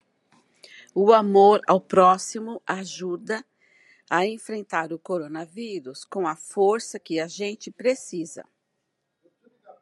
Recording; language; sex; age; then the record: spoken sentence; Brazilian Portuguese; female; 60 to 69 years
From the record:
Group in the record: control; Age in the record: 64 years